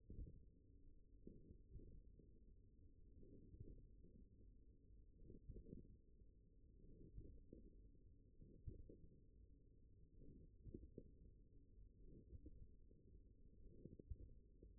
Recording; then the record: forearm muscle sounds (acoustic myography)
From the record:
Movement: wrist extension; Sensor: system 1, eight BSWA MPA416 microphones around the upper forearm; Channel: 7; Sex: male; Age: 42 years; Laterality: right